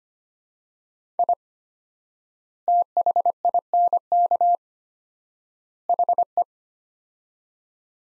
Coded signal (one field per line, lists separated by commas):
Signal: Morse code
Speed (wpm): 25 wpm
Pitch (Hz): 700 Hz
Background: none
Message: I THINK HE